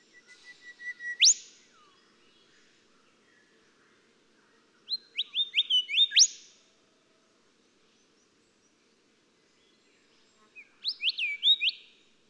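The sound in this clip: Golden whistler song: three phrases of whistled notes with quiet gaps between, the first two swelling in loudness and ending in a sharp upward whipcrack.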